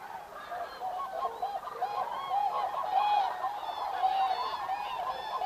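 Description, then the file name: Common cranes in a loud chorus, clear bugling notes from many birds layered over one another, building slightly toward the end. Recorded 5 November 2018. "2018 11 05 zurawie"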